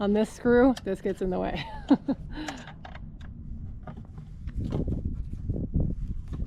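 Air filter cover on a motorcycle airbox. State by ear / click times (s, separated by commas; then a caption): not seated / none. Someone talks while fitting a screw on the air filter cover of a Royal Enfield Himalayan motorcycle's airbox during an air filter change, followed by soft handling and scraping noises. The cover has not popped into place yet; nothing has seated or clicked in this clip.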